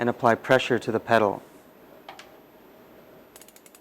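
Someone talks while the rear wheel of a bicycle is held and the pedal is pushed, so chain tension pulls a closed but unlocked steel chain quick link (missing link) toward its locked position. A few faint sharp ticks and light ratcheting mechanical clicks follow in a quiet background. Nothing has seated or clicked yet, and the quick link is not locked when the clip ends.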